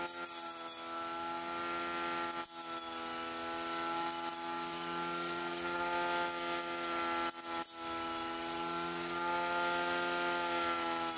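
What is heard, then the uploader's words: A small engine drones steadily while mowing weeds in a back yard, its buzzing tone dipping briefly twice. Mowing the weeds and Pruning branches a bit in the back yard.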